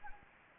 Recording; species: mosquito wingbeat signal from an infrared sensor; Anopheles gambiae